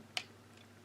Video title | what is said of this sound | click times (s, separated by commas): Video Review of the Transformers Shattered Glass 2021 Megatron | which usually on mine on every version of this they just kind of fall out but these ones have a nice little click it's | 0.2 s